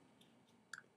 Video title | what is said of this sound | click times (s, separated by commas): Unveiling the Quirky Split Stick | close it down snaps right back into place | 0.7 s